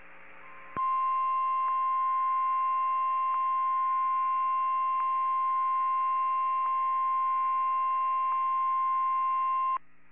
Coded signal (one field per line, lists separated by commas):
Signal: Emergency Alert System (SAME) tones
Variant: 1050 Hz attention tone